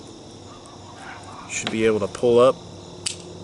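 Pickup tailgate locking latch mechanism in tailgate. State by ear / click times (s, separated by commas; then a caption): released / 3.1 s. With a Chevrolet Protec pickup tailgate taken apart, the locking latch mechanism inside it is pushed in and then pulled up while someone talks. The metal latch releases with a sharp click at 3.1 s, showing it is working properly.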